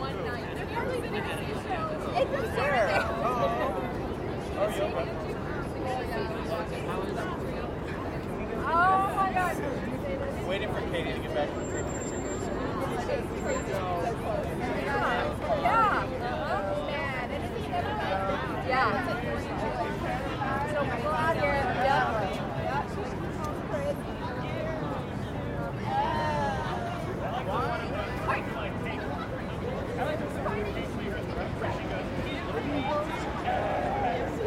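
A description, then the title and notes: Dense crowd chatter fills a busy city square, many voices overlapping with a steady low hum of traffic underneath. The level stays fairly even throughout, with brief louder bursts of talk around nine, fifteen and twenty-two seconds. One of New York City's most iconic destinations - Times Square. Recorded with Zoom H6, using MSH-6 MS Mic Capsule. The Vibrant Chaos of Times Square.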